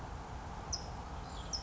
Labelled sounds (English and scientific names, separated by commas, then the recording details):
California Towhee (Melozone crissalis)
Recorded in Sonoma County, California